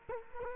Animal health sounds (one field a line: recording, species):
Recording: mosquito wingbeat signal from an infrared sensor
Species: Culex quinquefasciatus